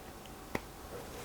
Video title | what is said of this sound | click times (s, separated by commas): Which SSD Setup is better for your iPhone 15 Pro Max | you hit a little click | 0.5 s